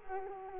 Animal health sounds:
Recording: mosquito wingbeat signal from an infrared sensor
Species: Culex quinquefasciatus

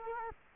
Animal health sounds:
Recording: mosquito wingbeat signal from an infrared sensor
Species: Culex quinquefasciatus

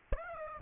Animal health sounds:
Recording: mosquito wingbeat signal from an infrared sensor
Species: Aedes aegypti

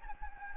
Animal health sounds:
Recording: mosquito wingbeat signal from an infrared sensor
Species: Anopheles gambiae

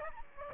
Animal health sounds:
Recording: mosquito wingbeat signal from an infrared sensor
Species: Aedes aegypti

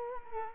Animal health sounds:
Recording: mosquito wingbeat signal from an infrared sensor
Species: Culex quinquefasciatus

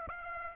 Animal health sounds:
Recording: mosquito wingbeat signal from an infrared sensor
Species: Aedes aegypti

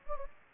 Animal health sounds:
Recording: mosquito wingbeat signal from an infrared sensor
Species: Anopheles gambiae

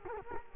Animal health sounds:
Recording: mosquito wingbeat signal from an infrared sensor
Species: Culex quinquefasciatus

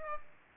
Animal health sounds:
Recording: mosquito wingbeat signal from an infrared sensor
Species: Aedes aegypti

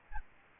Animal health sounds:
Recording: mosquito wingbeat signal from an infrared sensor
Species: Aedes albopictus

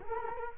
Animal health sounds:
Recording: mosquito wingbeat signal from an infrared sensor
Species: Culex quinquefasciatus

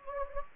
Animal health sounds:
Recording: mosquito wingbeat signal from an infrared sensor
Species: Anopheles gambiae

